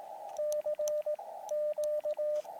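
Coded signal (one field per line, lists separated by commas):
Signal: Morse code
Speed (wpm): 18 wpm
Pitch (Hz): 600 Hz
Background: radio noise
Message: C Q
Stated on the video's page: QRP CW park (POTA) activation in the woods with an Elecraft KX2 and Palm Pico keyer paddle, comparing end-fed and inverted vee antennas in a tree.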